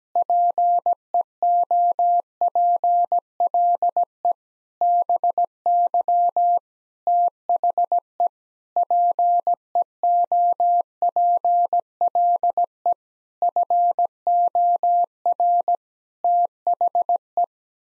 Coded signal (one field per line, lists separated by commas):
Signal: Morse code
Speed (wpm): 17 wpm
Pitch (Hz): 700 Hz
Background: none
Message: PEOPLE BY THE PEOPLE FOR THE